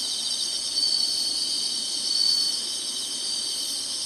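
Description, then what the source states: Insects in a dense, shrill chorus of steady high buzzing, swelling slightly twice, with no other clear sounds. Singing insects in summer.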